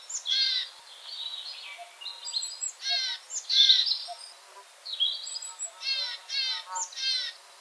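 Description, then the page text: Poecile tit giving harsh, buzzy nasal calls in short bursts. "синица гаичка"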